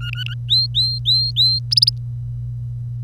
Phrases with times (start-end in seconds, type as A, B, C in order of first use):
0.00-0.34 A, 0.48-1.59 B, 1.71-1.90 C